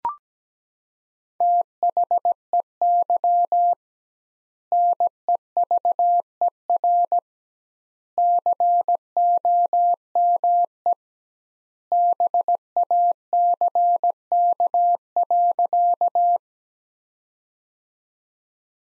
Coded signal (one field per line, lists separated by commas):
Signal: Morse code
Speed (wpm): 17 wpm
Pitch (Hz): 700 Hz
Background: none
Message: THEY NEVER COME BACK.